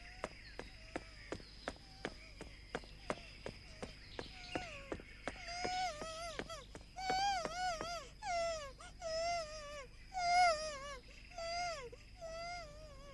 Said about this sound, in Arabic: اسمعوا، أنصتوا، أتسمعون ما أسمع؟ بكاء طفل، طفل حديث الولادة.